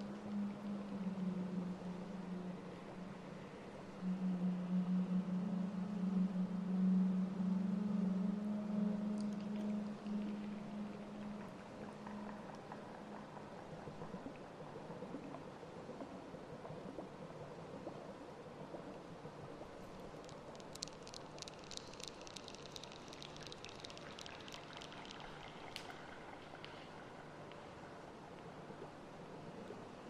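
Murky underwater ambience with a constant low rumble. A steady, droning low tone holds through the first twelve seconds, then fades into the wash. From about twenty to twenty-six seconds, a rapid run of bright clicking ticks cuts through.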